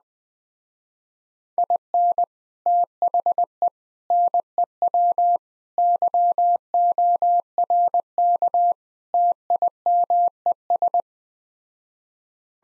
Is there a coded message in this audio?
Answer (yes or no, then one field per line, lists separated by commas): yes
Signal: Morse code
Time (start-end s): 1.6-11.0 s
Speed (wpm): 20 wpm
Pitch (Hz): 700 Hz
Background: none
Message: IN THE NEW YORK TIMES